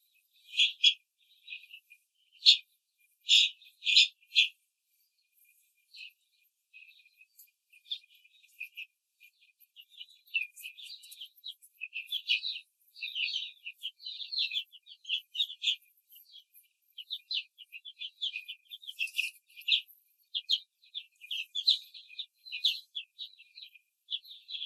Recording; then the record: young laying hens in a cage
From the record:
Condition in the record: control cage, before the stress test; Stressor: none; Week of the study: 4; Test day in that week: 1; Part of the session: 2